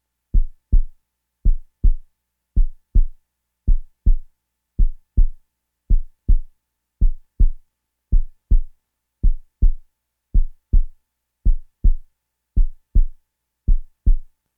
Heart beat medium.